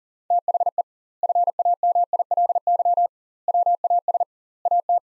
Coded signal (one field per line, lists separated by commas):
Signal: Morse code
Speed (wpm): 40 wpm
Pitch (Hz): 700 Hz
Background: none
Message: THE FAMILY WAS AT